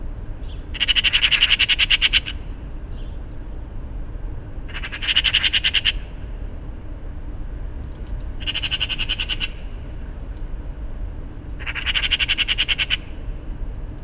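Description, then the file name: Eurasian magpie giving harsh rattling chatter in four bursts of about a second each, roughly every three to four seconds, over a steady low rumble like traffic. "Pica pica"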